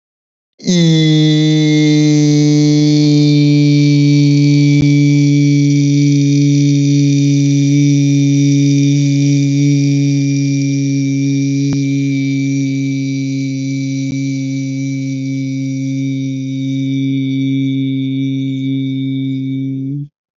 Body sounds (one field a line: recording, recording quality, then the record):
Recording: sustained vowel as in beet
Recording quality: excellent, no background noise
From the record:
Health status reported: healthy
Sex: male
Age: 25 years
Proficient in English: yes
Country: India